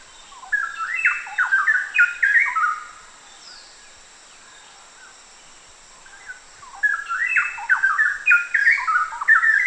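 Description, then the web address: Straw-headed bulbul song: two loud gurgling bursts of rollicking whistled notes, separated by about three seconds of near quiet, with a faint high hiss throughout. Recorded in Danum Valley on 1 August 2009. "DANUM 20090801. straw-headed bulbul"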